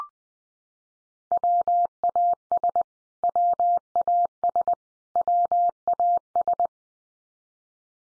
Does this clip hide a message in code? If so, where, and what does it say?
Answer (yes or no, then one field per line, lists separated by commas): yes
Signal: Morse code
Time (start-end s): 1.3-6.7 s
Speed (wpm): 20 wpm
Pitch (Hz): 700 Hz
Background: none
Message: WAS WAS WAS